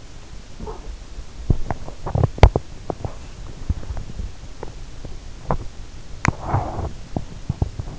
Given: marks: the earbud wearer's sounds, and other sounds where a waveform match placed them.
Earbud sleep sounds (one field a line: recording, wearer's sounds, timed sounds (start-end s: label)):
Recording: sounds in sleep by an in-ear microphone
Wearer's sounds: body movement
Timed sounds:
0.39-0.85 s: sound from someone else or the room
1.24-7.99 s: body movement